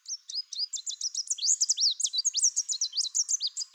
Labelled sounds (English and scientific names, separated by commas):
Chestnut-capped Warbler (Basileuterus delattrii) song